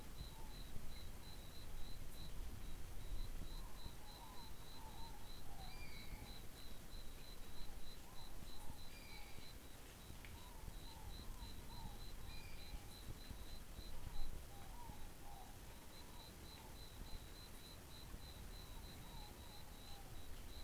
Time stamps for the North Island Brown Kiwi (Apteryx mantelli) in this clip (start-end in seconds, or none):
none